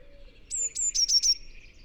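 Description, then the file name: Eurasian blue tit song: a single phrase of two thin, very high drawn-out notes followed by three quick, slightly lower notes, then quiet. "Cyanistes caeruleus"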